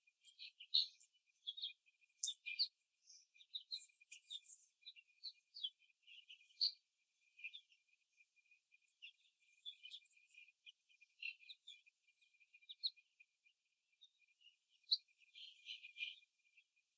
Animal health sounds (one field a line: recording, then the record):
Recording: young laying hens in a cage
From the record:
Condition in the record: after the stressor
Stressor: simulated dog barking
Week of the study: 3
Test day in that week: 1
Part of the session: 3